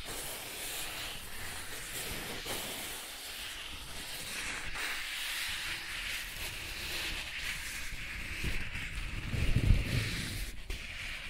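Soft tracing sounds rub steadily across a surface, a continuous airy hiss running through the whole clip with gentle swells and faint scratchy texture. A few light taps mark the middle, and near ten seconds a lower, rougher rubbing briefly grows louder.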